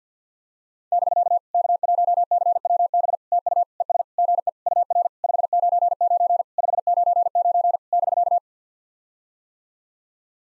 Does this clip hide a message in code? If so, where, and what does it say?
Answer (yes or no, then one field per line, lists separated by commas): yes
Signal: Morse code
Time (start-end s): 0.9-8.4 s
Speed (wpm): 54 wpm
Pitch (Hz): 700 Hz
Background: none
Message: <BK> K1CWB TU ES GE UR 599 599 <BK>